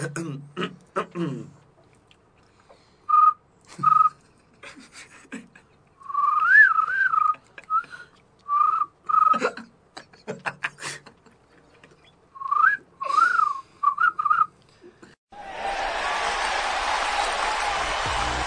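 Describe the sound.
A person whistles short, high chirping bursts in uneven clusters, imitating crickets as a talent-show act, with brief pauses between groups; the performance is followed by loud applause.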